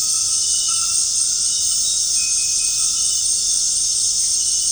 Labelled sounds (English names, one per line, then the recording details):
none
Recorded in secondary vegetation near Puerto Asís, Putumayo, Colombia, on 13 March 2025 at 19:00
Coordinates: 0.502, -76.326
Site G100